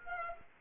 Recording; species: mosquito wingbeat signal from an infrared sensor; Aedes aegypti